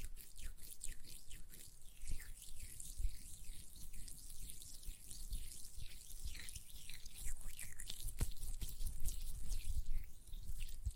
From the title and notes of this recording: ASMR Gel Lotion Hand Sounds (No Talking).